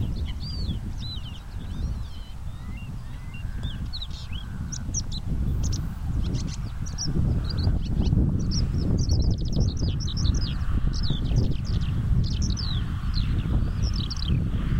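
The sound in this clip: Asian short-toed lark singing a fast, varied jumble of high chirps and trills that grows denser in the second half, against a loud steady low-pitched roar.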